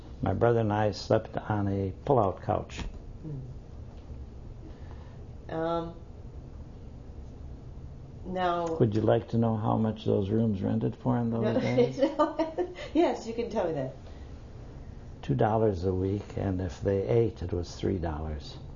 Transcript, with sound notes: My brother and I slept on a pull-out couch.
Now...
Would you like to know how much those rooms rented for in those days?
( she laughs ) Yes, you can tell me that.
Two dollars a week, and if they ate it was three dollars.